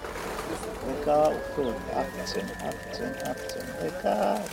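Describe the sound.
Pigeons coo in low, throaty bursts over a steady background murmur of people talking, with a thin sustained tone running underneath, on the central square of Kavala, a white hillside town sloping down to the sea, where Roma children scare the pigeons up.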